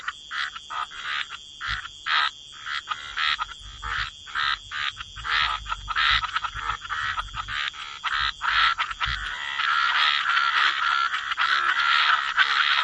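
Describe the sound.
Chorus of frogs giving short grating croaks in uneven bursts that merge into a continuous din, with a few low thumps midway.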